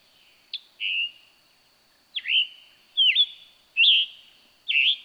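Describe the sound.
Scarlet tanager song: a string of five hoarse, burry phrases, each short and slurred, delivered with brief pauses between them against a quiet background.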